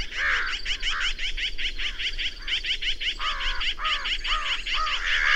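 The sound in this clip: Bird calls: a string of repeated arched, nasal notes about every half second in the second half, over dense high-pitched chatter.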